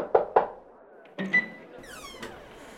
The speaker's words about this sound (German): Am Morgen des vierten Tages klopfte ein Gesandter des Königs an Solveigs Tür.